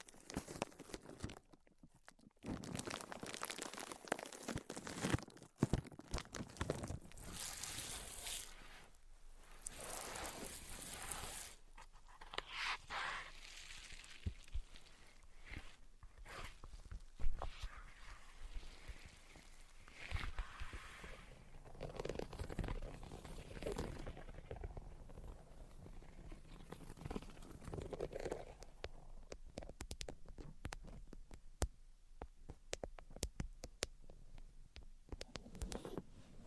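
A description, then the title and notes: Tapping, scratching and tracing sounds come as dense, uneven rustles and sharp ticks, with a silent pause near two seconds and brief bright sweeps. Tapping, Scratching, and Tracing Sounds.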